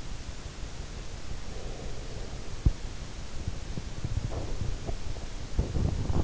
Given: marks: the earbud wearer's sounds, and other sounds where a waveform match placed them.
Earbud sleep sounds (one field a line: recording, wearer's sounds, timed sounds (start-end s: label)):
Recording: sounds in sleep by an in-ear microphone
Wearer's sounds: breath, teeth grinding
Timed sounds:
1.44-2.44 s: breath
3.49-6.24 s: teeth grinding